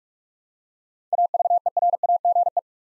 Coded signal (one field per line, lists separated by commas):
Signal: Morse code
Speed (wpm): 47 wpm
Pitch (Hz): 700 Hz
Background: none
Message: AVERAGE